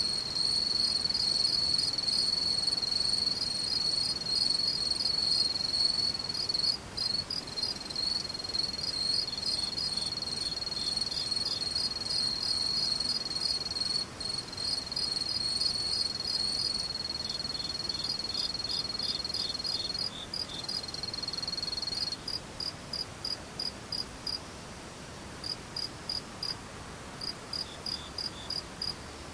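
Insects chirr in a steady, high, shrill drone that runs without a break for the first twenty-two seconds, with brief dips around seven and fourteen seconds. After that the continuous trill gives way to evenly spaced pulsing chirps repeating rapidly to the end, over a faint soft hiss.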